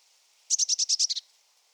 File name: Cyanistes caeruleus